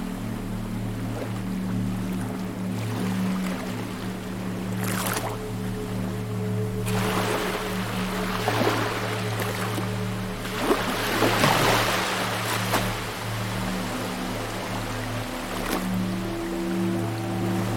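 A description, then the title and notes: Sounds at the beach: a steady low motor hum runs underneath the whole time, with several layered droning tones. Over it, waves wash in and hiss, brief splashes near five and fifteen seconds and longer surges around eight and eleven seconds. The Mysterious Sounds of the Beach.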